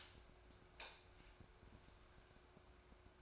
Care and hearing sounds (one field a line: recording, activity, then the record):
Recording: daily activity, microphone in the room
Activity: light on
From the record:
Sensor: 2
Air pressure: 1010.1 hPa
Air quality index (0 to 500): 160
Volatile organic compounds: 7 ppm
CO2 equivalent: 2001 ppm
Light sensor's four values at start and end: 39/93/41/47 and 43/110/48/53